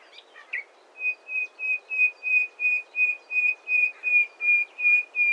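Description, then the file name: Common nightingale giving a steady series of many pure whistled notes on one pitch, at roughly three per second, after a few brief scratchy notes. "Luscinia megarhynchos"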